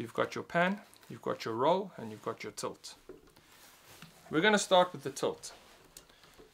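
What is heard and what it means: Someone talks while handling a camera on its quick-release plate, about to slide it into the base plate of a Zhiyun Weebill-S gimbal, where a quick-release lock engages so the camera cannot fall off. Only a few faint handling taps are heard near 4.0, 6.0 and 6.1 seconds. Nothing has seated or clicked yet.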